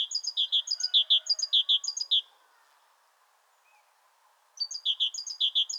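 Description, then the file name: Great tit giving a run of quick, ringing two-note phrases, falling silent for over two seconds, then starting the same repeated pattern again; faint background noise. "Parus major"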